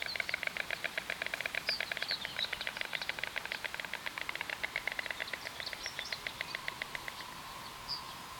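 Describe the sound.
Stork bill-clattering: a rapid, dry wooden rattle of evenly spaced clicks lasting about seven seconds, easing off near the end.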